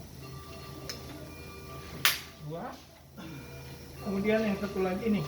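The second of three breathing circuit parts is pushed into an HFO ventilator circuit assembly until it clicks, seating with a sharp click at 2.1 s. Someone talks before and after, over a steady background hum.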